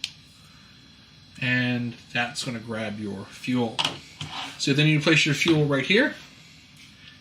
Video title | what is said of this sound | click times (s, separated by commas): Amazon Product Showcase Stream | if you listen it kind of snaps into place | 0.0 s